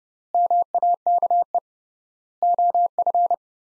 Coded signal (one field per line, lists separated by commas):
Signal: Morse code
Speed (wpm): 30 wpm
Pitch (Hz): 700 Hz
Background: none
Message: MAKE OF